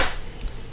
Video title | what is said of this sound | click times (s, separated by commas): Yakima Baseline & JetStream Roof Rack Installation | and it snaps right in okay all right so this part is all done | 0.4 s